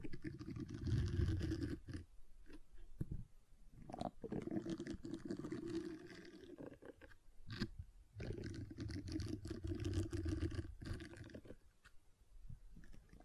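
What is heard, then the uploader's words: Gentle silicone sounds: soft, squishy handling noises with a wet, slightly sticky texture, heavy in the low end. The squeezing comes in bursts of a second or two, broken by short quiet gaps near 2, 3, 8 and 11 seconds, with faint clicks in between. ASMR Gentle Silicon Sounds for Sleep (No Talking).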